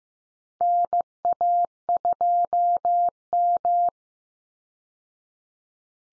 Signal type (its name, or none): Morse code